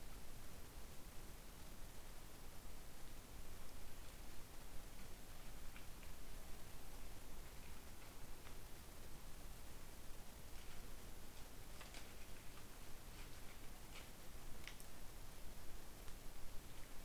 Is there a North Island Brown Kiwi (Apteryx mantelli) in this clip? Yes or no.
no